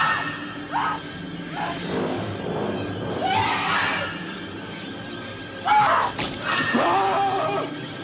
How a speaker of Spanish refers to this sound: Y por supuesto, en el momento más famoso de la película, el rostro de Jack Nicholson, sudoroso y lascivo, mientras se burla de su esposa a través de una puerta que acaba de astillar con un hacha.